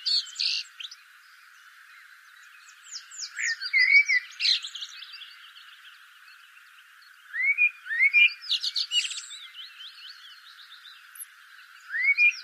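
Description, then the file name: Common blackbird singing: scratchy twitters, then whistled rising notes and more high chatter, with long quiet gaps between the phrases. "Turdus merula"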